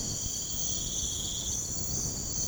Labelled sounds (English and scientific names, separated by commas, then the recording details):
none
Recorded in pastures near Puerto Asís, Putumayo, Colombia, on 21 March 2025 at 05:00
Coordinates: 0.505, -76.324
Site GP08